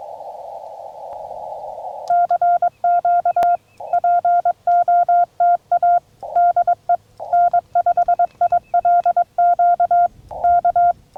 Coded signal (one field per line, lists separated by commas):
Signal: Morse code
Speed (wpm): 22 wpm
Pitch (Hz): 700 Hz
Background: none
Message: CQ POTA DE N5ILQ K